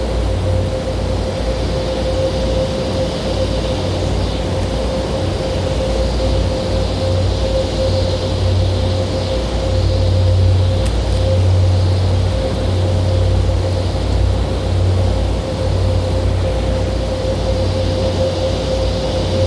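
A dense, steady noise-wall drone built from nature recordings, with a deep rumbling low end, a constant mid hum, and a brief click near eleven seconds.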